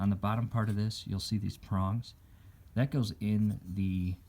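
A paper oil filter element for a Chevy Cruze is handled during an oil change, with the prongs on its bottom lined up to go into the round socket in the plastic filter housing cap. Someone talks throughout, and no distinct click or snap is heard. Nothing has seated or clicked yet.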